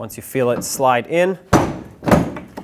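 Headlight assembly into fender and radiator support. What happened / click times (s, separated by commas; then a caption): The housing is slid into position but has not yet locked in place / none. Someone talks while a headlight assembly for a 2009-2014 Ford F-150 is brought toward the fender and radiator support, with its tabs lined up with the fender so it can slide in and be tapped into its locked position. Dull knocks and handling noises follow. The headlight has not seated or clicked into place yet.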